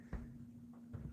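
A smartphone with a magnet plate on its back is handled near a large magnetic mount used for filming. Low handling bumps sound at about 0.1 s and again near 1.0 s, with a steady low hum underneath. The phone has not snapped onto the mount yet.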